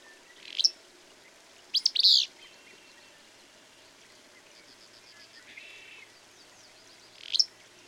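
Bird song: brief high, bright chirped phrases near the start and again at the end, with fainter trilling in the background between them.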